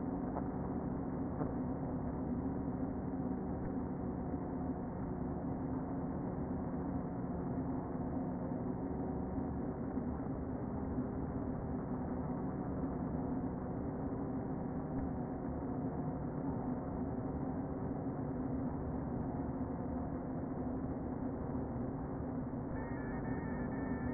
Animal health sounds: honeybee colony, microphone inside the hive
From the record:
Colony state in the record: queen present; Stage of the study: before two queens were removed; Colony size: about 60,000 bees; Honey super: yes

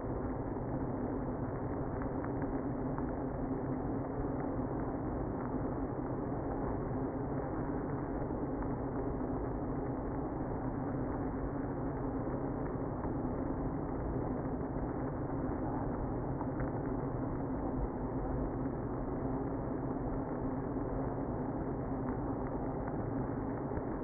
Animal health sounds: honeybee colony, microphone inside the hive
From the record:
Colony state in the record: queenless (queen removed); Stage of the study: after two queens were removed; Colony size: about 60,000 bees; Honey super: yes

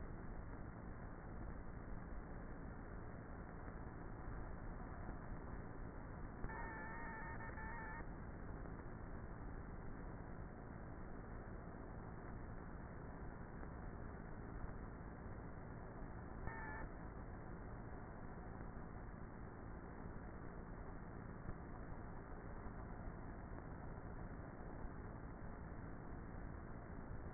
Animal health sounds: honeybee colony, microphone inside the hive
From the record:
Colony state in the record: queenless with a low population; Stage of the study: before two queens were removed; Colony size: about 30,000 bees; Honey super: no

